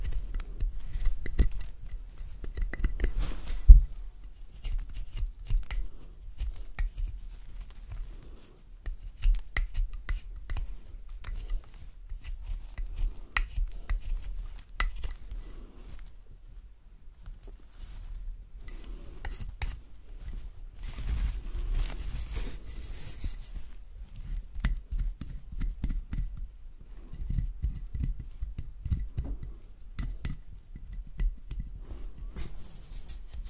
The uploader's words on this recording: ASMR Soap Carving. Relaxing soap cutting sounds.